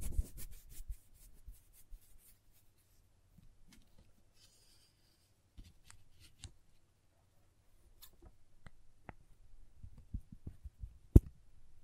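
Crayons tap and scrape in short, irregular bursts, with quiet gaps between, a faint rubbing stretch near four seconds, and sharper clicks toward the end.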